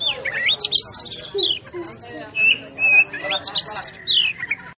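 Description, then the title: Oriental magpie-robin singing short, bright whistled phrases and quick warbles, with brief gaps between bursts. Master recording of a magpie-robin named Hercules, fighting-style song called 'ngotot full tembakan', used for training cage birds. "Suara Masteran Kacer Hercules"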